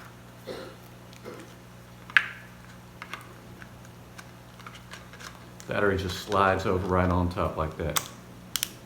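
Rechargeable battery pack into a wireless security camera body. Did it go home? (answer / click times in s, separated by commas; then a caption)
yes / 8.6 s. A rechargeable plastic battery pack is slid onto the back of a Reolink wireless solar-powered security camera body. Faint handling sounds and small ticks are followed by someone talking from about 5.7 s to 8 s. The pack snaps into place with a sharp click at 8.6 s, and it is seated.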